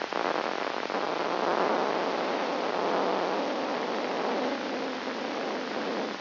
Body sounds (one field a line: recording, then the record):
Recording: brain microelectrode recording played as sound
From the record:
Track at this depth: inside the subthalamic nucleus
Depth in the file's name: 2.503 mm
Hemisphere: left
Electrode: 2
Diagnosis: Parkinson's disease